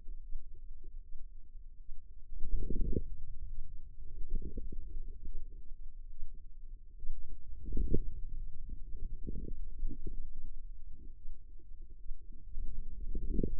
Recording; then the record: forearm muscle sounds (acoustic myography)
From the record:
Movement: wrist flexion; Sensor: system 2, bracelet of six BSWA MPA416 microphones around the upper forearm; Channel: 5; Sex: female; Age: 25 years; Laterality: right